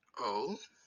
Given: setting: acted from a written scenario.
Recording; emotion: vocal sound without words; interest